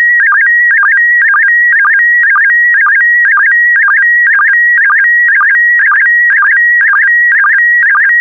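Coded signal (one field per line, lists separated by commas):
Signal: SSTV (slow-scan television)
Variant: PD120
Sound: warbling tone around 1.9 kHz with regular short low blips twice a second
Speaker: The next image transmission will start in 10 seconds.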